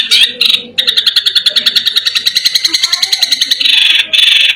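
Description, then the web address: Long-tailed shrike song with two short harsh bursts, then a long rapid rattling trill of even notes ending in dense buzzy chatter. Masteran (training recording) of cendet song. "masteran cendet"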